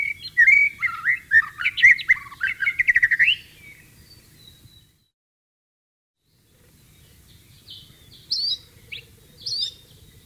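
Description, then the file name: White-rumped shama song, a fast varied run of whistles and chirps, then silence, then a few high sharp notes. Wild bird, in the wild. "suara burung murai batu di alam liar"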